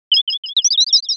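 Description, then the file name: Bird giving a quick burst of high, sharp chirps, about ten short notes in just over a second, speeding up and overlapping toward the end. "chirp mix"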